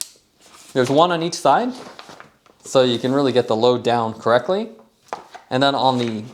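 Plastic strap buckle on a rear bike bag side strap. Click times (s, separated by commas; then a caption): 0.0 s. A plastic side compression strap buckle on a Tailfin Speedpack 13L waterproof rear bike bag with carbon rods is pushed together and snaps shut with a sharp plastic click at 0.0 s, locking into place. Someone then talks for the rest of the clip.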